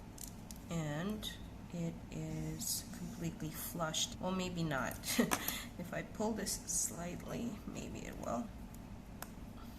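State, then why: Seated. A gemstone is fitted into the metal wire frame of a wire-wrapped pendant while someone talks. After the wire frame is pulled back slightly so the stone can drop in, a sharp snap at 9.2 s marks the stone seating in place inside the frame.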